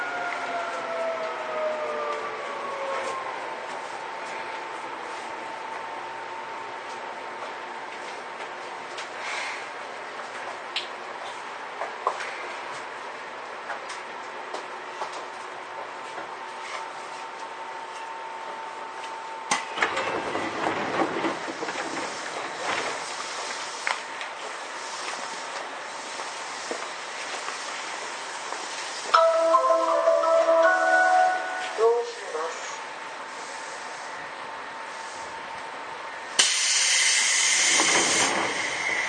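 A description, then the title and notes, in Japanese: Inside an older commuter electric train, motor whine slides downward in the first seconds and then settles into a steady hum. Around twenty seconds the rumble shifts and swells; near thirty a rapid patterned chime sounds, and a loud hiss of air bursts in at the end. 西武旧2000系 西武新宿〜本川越。今回は急行運用を録音しました。モーターはMT54系の界磁チョッパ対応改良の独自型。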